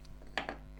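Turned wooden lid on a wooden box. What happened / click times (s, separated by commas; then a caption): The tight-fitting wooden lid popped free / 0.4 s. A tight, suction-fitting turned wooden lid is pulled off its turned wooden box, coming free with a sharp pop at 0.4 s, followed by a smaller knock at 0.5 s. A steady low hum runs underneath. The lid is released, the pop confirming the suction fit.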